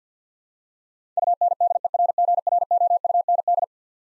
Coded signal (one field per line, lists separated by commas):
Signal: Morse code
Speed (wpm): 50 wpm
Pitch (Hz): 700 Hz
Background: none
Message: UNDERGROUND